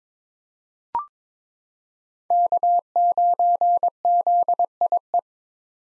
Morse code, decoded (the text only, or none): K9ZIE